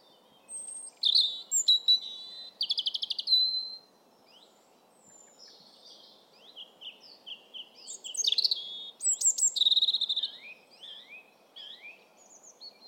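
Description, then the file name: European robin singing a run of high, liquid, varied phrases with rapid trills and sliding whistles, pauses between them, faint background noise. "Erithacus rubecula"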